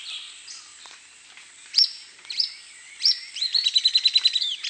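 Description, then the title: Grey elaenia song: a few sharp high notes, then a fast rattling trill of even notes near the end, over a steady background hiss. "LuckyPassaro Completos2Sama. Grey Elaenia (Myiopagis caniceps)"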